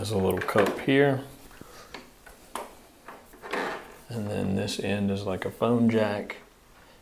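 Someone talks while handling the phone-jack-style plug on the patient response button cord (the button has a little cup) for a Zeiss HFA3 840 visual field analyzer, bringing it toward its jack on the perimeter unit. A few short knocks and taps come between the talking. Nothing has seated or clicked yet.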